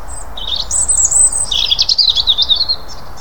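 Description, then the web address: European robin singing one continuous phrase of high, fast notes that climbs briefly, then flickers and tumbles downward. "SETE data Erithacus rubecula"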